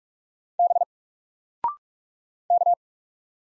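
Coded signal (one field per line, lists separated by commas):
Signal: Morse code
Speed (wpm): 47 wpm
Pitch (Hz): 700 Hz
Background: none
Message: B K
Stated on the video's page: Single letters in Morse at 45 wpm, each sent, spoken after a 0.6-second pause, then sent again, for instant character recognition.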